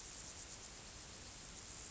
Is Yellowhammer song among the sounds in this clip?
no